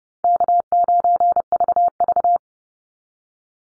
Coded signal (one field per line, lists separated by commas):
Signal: Morse code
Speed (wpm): 30 wpm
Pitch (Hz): 700 Hz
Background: none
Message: K9VV